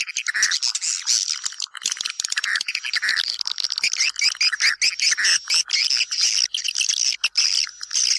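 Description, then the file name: Swiftlets twittering in a dense, continuous chorus of high chirps and trills, with short buzzy bursts throughout. Lure sound used to attract swiftlets for nest farming. "Am thanh du yen"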